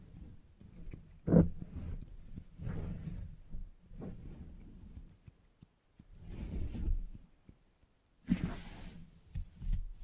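Scissors snip and rustle through hair in short bursts, with quiet gaps around the fifth and eighth seconds. A sharp click lands near 1.3 seconds and a louder clatter near 8.3 seconds, while low handling noise and soft brushing sounds fill the spaces between cuts.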